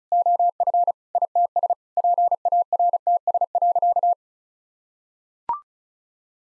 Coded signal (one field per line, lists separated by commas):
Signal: Morse code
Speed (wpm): 34 wpm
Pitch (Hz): 700 Hz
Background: none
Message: OF ITS PARTS.